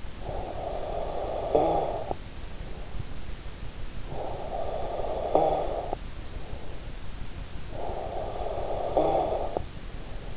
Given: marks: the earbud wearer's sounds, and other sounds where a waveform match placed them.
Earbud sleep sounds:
sounds in sleep by an in-ear microphone; snoring breath
0.00-3.02 s: snoring breath
3.82-7.05 s: snoring breath
7.50-10.36 s: snoring breath

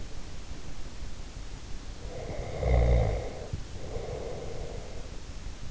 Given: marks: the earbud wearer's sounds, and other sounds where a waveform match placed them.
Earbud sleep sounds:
sounds in sleep by an in-ear microphone; snoring breath
2.00-5.19 s: snoring breath

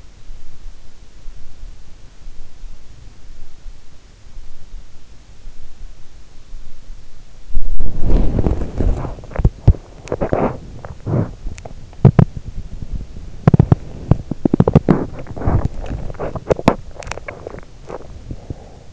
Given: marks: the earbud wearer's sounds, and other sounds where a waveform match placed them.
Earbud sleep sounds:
sounds in sleep by an in-ear microphone; body movement
7.47-18.93 s: body movement

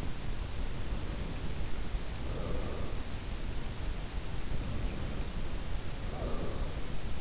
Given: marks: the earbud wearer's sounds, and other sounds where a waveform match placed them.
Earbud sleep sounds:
sounds in sleep by an in-ear microphone; breath
0.30-3.22 s: breath
4.30-7.21 s: breath
5.97-6.55 s: sound from someone else or the room

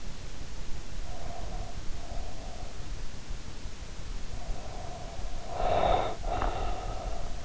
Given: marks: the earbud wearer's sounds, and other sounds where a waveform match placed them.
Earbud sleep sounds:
sounds in sleep by an in-ear microphone; breath
0.98-2.96 s: breath
4.18-7.45 s: breath

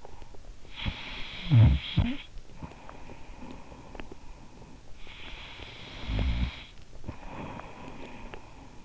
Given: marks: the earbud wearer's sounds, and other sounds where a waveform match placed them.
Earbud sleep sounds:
sounds in sleep by an in-ear microphone; snoring breath
0.46-8.85 s: snoring breath

